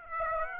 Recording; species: mosquito wingbeat signal from an infrared sensor; Aedes aegypti